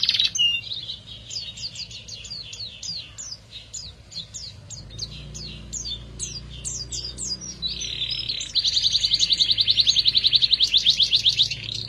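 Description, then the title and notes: Canary song: rapid repeated high falling chirps, then a loud, fast, rolling trill held steadily for several seconds at the end. Therapy recording meant to get a canary that has stopped singing to sing again; the bird is described as an F1 canary. "#18. TERAPI KENARI MACET. Kenari F1"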